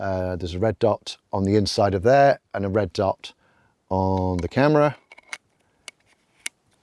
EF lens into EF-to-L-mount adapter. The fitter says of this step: snap it around till it clicks and then and obviously on the back of the adapter is the usual L Mount color